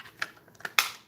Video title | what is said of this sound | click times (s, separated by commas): Working On The Dryer + Indoor Dryer Vent Kit | sounds like a good quick didn't it didn't that sound like a good click I thought that was a really satisfying click and | 0.8 s